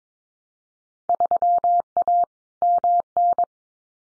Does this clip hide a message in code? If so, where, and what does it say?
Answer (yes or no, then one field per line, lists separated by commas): yes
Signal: Morse code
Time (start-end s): 1.1-3.4 s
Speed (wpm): 22 wpm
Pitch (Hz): 700 Hz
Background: none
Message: 3A MN